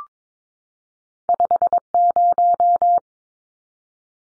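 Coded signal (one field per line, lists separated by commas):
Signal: Morse code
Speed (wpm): 22 wpm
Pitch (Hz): 700 Hz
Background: none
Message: 50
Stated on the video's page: Two-digit number copy drill at 22 wpm, each number sent in Morse twice.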